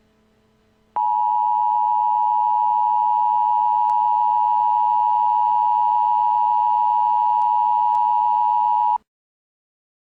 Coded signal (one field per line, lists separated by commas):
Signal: Emergency Alert System (SAME) tones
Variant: 853 and 960 Hz attention tone